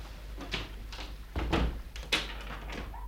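The door of a flat is handled with a few soft knocks and rattles, then a louder thud around the middle and a scraping creak, all fairly quiet against a low steady hum.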